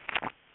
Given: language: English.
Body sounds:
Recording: throat vibration sensor signal played as sound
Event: swallow

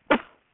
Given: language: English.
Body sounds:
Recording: throat vibration sensor signal played as sound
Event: cough

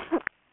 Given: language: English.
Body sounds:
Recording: throat vibration sensor signal played as sound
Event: cough

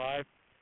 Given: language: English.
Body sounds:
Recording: throat vibration sensor signal played as sound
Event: speech

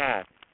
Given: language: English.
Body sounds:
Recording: throat vibration sensor signal played as sound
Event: speech

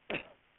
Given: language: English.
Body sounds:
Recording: throat vibration sensor signal played as sound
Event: cough

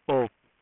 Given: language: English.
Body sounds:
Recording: throat vibration sensor signal played as sound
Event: speech

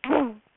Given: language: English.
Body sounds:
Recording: throat vibration sensor signal played as sound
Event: throat clearing

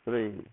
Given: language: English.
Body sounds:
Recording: throat vibration sensor signal played as sound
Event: speech

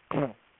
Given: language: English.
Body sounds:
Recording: throat vibration sensor signal played as sound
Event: throat clearing

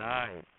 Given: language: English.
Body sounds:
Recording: throat vibration sensor signal played as sound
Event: speech

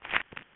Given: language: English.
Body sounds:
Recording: throat vibration sensor signal played as sound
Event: swallow

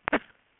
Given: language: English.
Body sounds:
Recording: throat vibration sensor signal played as sound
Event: cough

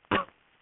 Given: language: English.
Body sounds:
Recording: throat vibration sensor signal played as sound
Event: cough

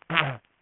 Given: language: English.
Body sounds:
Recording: throat vibration sensor signal played as sound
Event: throat clearing

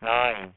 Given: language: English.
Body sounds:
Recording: throat vibration sensor signal played as sound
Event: speech

